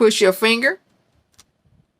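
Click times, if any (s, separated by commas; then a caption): 1.3 s, 1.4 s. Someone talks, then a button back plate is pressed by finger onto a fabric-covered metal button shell. It gives a faint pop at 1.3 s and a slightly louder one at 1.4 s as it snaps into place, seated in the shell.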